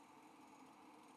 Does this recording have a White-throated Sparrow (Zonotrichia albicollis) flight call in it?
no